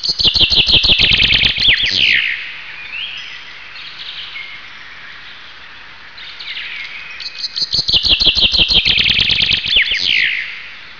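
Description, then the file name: Common chaffinch song: a bright rattling series of notes descending into a flourish, sung twice with a pause of several seconds between, with a faint background hiss. "vink"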